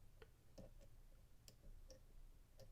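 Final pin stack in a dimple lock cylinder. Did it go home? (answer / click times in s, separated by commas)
no / none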